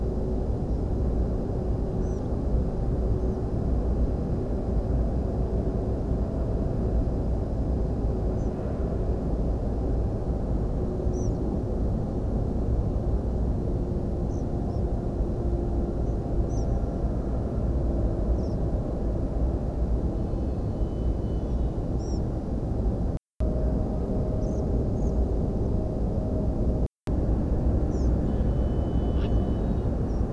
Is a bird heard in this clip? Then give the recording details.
yes. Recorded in France